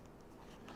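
The front frame of a protective case is handled and pressed onto the back shell around an iPhone 12 Pro. Quiet, low rustling handling noise builds slightly, with two brief sharp ticks near 0.7 and 0.8 s. Nothing has seated or clicked into place yet.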